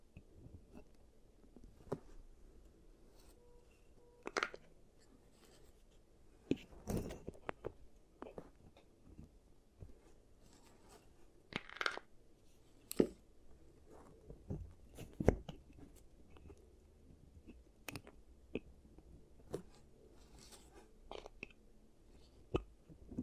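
ASMR teeth treatment sounds: irregular sharp clicks and crunchy taps scattered over a soft low rumble, with occasional faint whispering.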